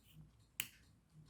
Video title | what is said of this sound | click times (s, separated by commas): Grandad's Postbag 20210104 Action Camera Lens FULL LENGTH | Yeah, okay, nice little click there. | 0.6 s